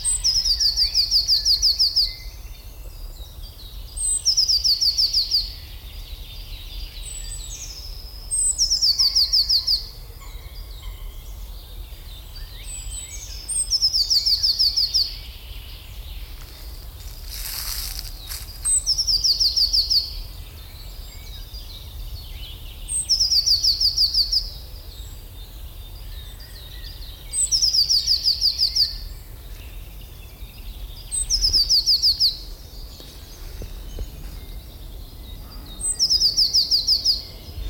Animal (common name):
Eurasian Blue Tit